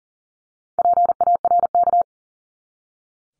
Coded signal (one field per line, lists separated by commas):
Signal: Morse code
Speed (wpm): 40 wpm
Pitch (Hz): 700 Hz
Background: none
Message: PARK